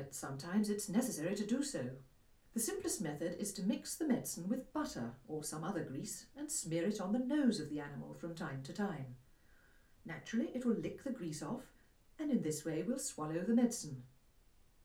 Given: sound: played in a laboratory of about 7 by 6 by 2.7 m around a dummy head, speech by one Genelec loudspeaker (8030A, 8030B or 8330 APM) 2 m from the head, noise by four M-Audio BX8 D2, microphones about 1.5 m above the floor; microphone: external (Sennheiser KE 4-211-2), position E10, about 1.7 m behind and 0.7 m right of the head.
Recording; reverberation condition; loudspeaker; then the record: female speech in English; low; 90 degrees to the left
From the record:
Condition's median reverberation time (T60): about 310 ms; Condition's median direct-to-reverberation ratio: about 3.5 dB